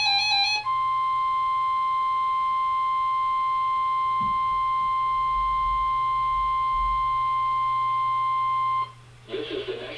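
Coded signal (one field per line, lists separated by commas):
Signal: Emergency Alert System (SAME) tones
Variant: 1050 Hz attention tone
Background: music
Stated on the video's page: EAS required weekly test tones received on a RadioShack 12-262 weather radio.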